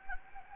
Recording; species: mosquito wingbeat signal from an infrared sensor; Anopheles gambiae